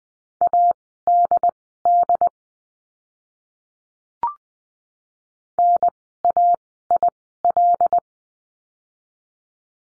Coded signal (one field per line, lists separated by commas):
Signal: Morse code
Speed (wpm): 20 wpm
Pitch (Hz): 700 Hz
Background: none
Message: ADD NAIL